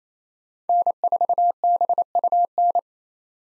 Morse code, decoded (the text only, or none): N4BUN